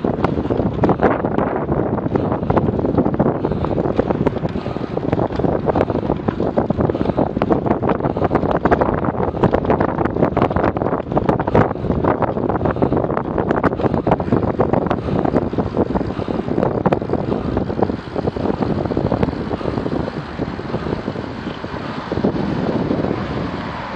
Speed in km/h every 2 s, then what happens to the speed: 22, 23, 23, 24, 23, 22, 21, 21, 19, 16, 10, 4.
0-14 steady at about 22. 14-24 slows to 4.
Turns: none.